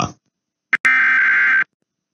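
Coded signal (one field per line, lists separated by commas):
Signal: Emergency Alert System (SAME) tones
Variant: header bursts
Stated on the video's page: Required weekly tests.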